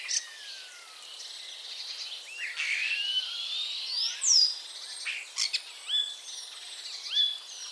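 Common starling song: long sliding whistles, one falling and one rising, then loud squeaks and short upslurred notes.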